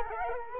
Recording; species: mosquito wingbeat signal from an infrared sensor; Culex quinquefasciatus